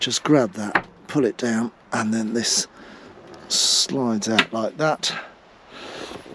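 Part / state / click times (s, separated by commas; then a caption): sliding table leaf in motorhome dinette table / not seated / none. Someone talks while releasing a small popper, pulling it down and sliding out the sliding table leaf of the dinette table in a 2023 Globecar Campscout Elegance motorhome, with a brief hiss of the leaf sliding out partway through. The leaf is handled but has not locked in place yet, and nothing has seated or clicked.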